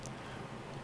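A modified polymer PMAG magazine body fitted with airsoft internals is pushed into the magwell of a Systema PTW airsoft training rifle to test the fit, making one short contact knock at 0.1 s over steady background noise. Nothing seats or clicks: the magazine body won't go all the way in because the side cuts don't let the internal sit low enough for the external body to click into place.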